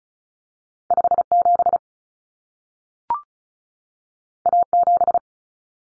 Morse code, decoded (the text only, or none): 57 A7